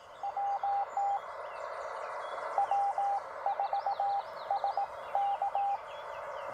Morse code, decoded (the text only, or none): WT W4SK